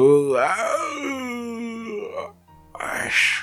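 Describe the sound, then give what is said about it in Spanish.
A long, drawn-out voiced yawn: the pitch rises briefly, then slides slowly downward for about two seconds before a short pause and a breathy, hissing exhale. “Es un bostezo con cariño.”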